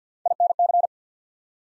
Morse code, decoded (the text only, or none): INC